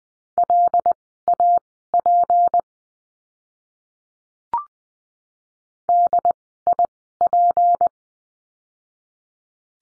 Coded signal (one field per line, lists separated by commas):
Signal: Morse code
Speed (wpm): 20 wpm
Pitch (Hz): 700 Hz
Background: none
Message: LAP DIP